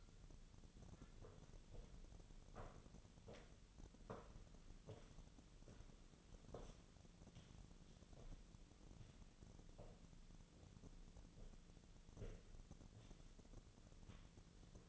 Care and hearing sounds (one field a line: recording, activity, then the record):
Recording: daily activity, microphone in the room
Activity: walk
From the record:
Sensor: 4